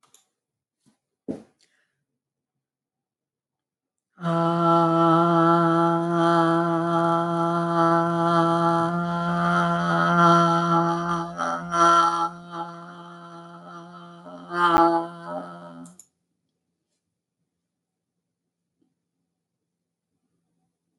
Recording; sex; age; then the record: vowel held as long as possible; female; 30 to 39 years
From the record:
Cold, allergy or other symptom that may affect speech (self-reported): no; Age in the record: 36 years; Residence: United States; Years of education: 16